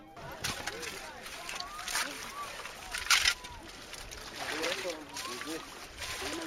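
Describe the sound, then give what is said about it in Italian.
Water sloshes and splashes in uneven bursts, with a sharper splash about halfway through, at a riverside sand mining site just outside a village, where groups of five or six workers build small dams to extract sand. Indistinct voices murmur underneath and a faint steady high whine runs throughout. “Lungo il fiume, appena fuori dall'abitato, li vedi lavorare a gruppetti di 5 o 6 costruire piccole dighe per estrarre la sabbia.”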